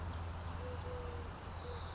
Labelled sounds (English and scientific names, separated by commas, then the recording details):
Eurasian Collared Dove (Streptopelia decaocto)
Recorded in Sonoma County, California